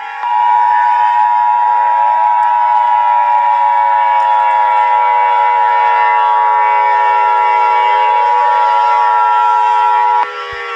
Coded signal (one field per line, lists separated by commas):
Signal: Emergency Alert System (SAME) tones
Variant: 853 and 960 Hz attention tone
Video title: EAS SCENARIO 10: Dolly E.X.E Rampage